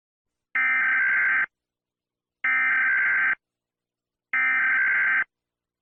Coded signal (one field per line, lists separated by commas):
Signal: Emergency Alert System (SAME) tones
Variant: header bursts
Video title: EAS SCENARIO 2: The Tornado Outbreak of the Century